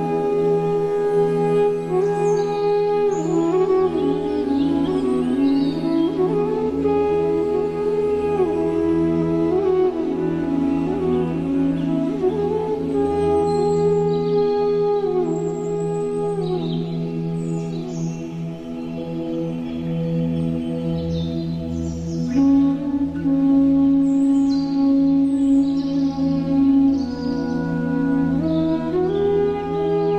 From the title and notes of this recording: Relaxing flute music with forest sounds.